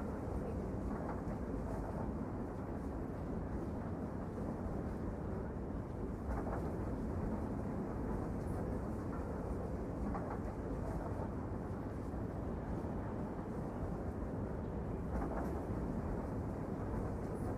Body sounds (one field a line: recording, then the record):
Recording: background sound without coughing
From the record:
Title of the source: Train Ride Ambience ambient white noise for sleeping, focus, studying, reading